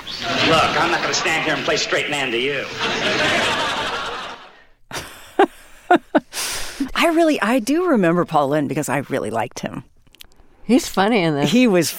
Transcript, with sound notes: Look, I'm not going to stand here and play straight man to you.
(LAUGHTER)
(Laughter) I really - I do remember Paul Lynde because I really liked him.
He's funny in this.